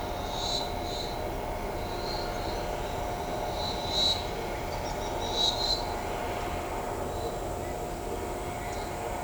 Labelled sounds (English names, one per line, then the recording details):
White-whiskered Spinetail
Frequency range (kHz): White-whiskered Spinetail 3.3-6.8 kHz
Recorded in shrubland near Pivijay, Magdalena, Colombia, on 18 April 2023 at 11:30
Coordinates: 10.453, -74.365
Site P5-G022